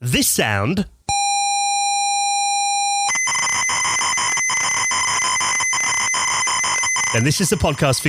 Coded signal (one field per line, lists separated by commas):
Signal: ZX Spectrum tape loading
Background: speech